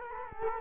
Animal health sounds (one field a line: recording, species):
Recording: mosquito wingbeat signal from an infrared sensor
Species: Culex quinquefasciatus